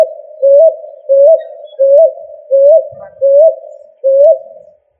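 Pigeon giving rhythmic coos, six rising, hooked notes with soft fading tails, evenly spaced, plus one faint low thump midway.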